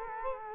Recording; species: mosquito wingbeat signal from an infrared sensor; Culex quinquefasciatus